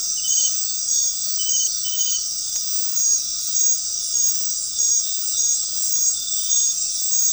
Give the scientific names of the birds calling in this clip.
none